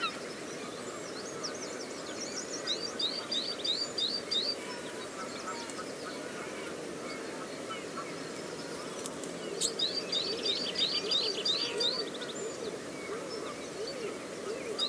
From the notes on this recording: the hidden sounds of the coastal dunescape at Studland Nature Reserve, UK